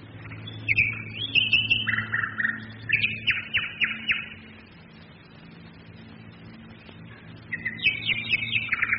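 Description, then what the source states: Nightingale song: bursts of sharp chirps and fast pulsed trills, then silence before another rapid phrase, over a steady low droning engine hum. Nightingales singing together with bombers during the Second World War, 1942.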